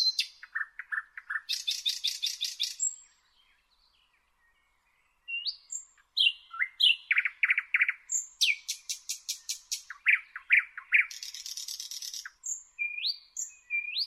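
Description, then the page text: Thrush nightingale song: rapid dry clicking rattles, loud buzzy rasping phrases and sharp rising whistles, broken by a silent pause of about two seconds midway. "Jelmer Poelstra - Обыкновенный соловей (Luscinia luscinia)"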